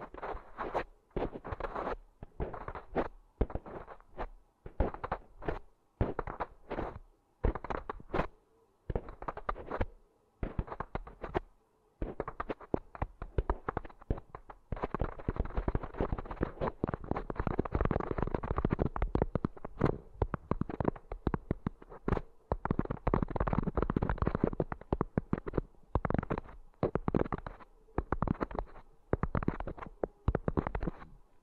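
Intense ASMR ear sounds: a dense stream of crackling, rustling taps and pops, fast and irregular, with short bursts and brief gaps through the first half. From about 14 seconds the crackling becomes thicker and nearly continuous, with sharp clicks layered over it.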